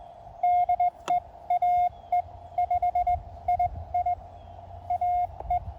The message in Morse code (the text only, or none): DE AE5II AE